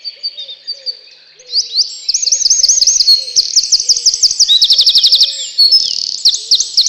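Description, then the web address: Eurasian wren song, rapid high trills and rattles building in volume, with a low soft cooing repeated in the background. "relax birds крапивник"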